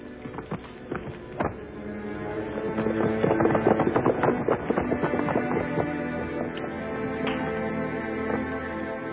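Horse hooves clip-clop in a quick, uneven clatter as a general mounts and the riders depart. The clatter thickens and grows louder partway through, then keeps going steadily beneath a dull background wash, with no voices.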